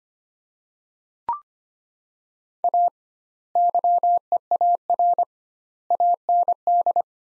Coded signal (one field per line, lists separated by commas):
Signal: Morse code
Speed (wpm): 25 wpm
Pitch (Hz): 700 Hz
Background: none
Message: A YEAR AND